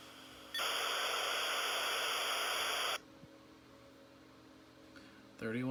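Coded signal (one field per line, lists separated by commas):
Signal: dial-up modem handshake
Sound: about two and a half seconds of loud harsh modem hiss, then quiet, then a brief warble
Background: faint line hiss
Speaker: this one will be a little bit louder all right let's hit connect and see what we get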